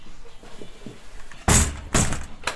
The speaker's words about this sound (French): J'ai ouvert la porte.